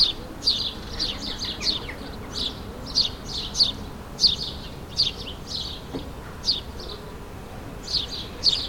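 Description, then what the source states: Sparrows chirping in quick, uneven succession, bright tweets throughout, with a faint steady background hiss. Several sparrows in a suburban setting, ambient sound, May 2022.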